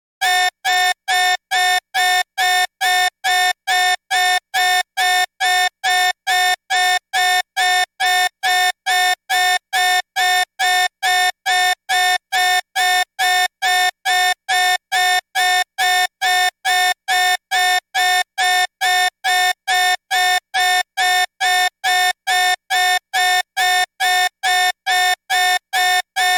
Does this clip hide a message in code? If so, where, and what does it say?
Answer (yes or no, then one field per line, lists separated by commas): no